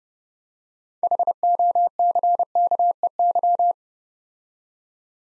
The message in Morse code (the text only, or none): HOCKEY